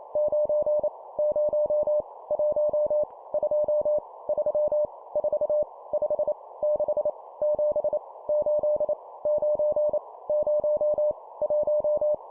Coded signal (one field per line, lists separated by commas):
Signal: Morse code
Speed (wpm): 28 wpm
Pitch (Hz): 600 Hz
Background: none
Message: 9 0 1 2 3 4 5 6 7 8 9 0 1